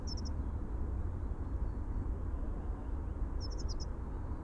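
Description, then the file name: Dunnock giving two short bursts of quick, high, tinkling notes about three seconds apart, against constant low background rumble. "Prunella modularis - Dunnock"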